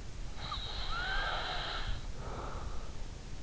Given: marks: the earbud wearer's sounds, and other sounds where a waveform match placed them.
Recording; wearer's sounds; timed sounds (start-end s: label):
sounds in sleep by an in-ear microphone; breath
0.29-3.03 s: breath